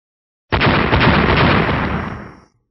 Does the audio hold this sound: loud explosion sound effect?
yes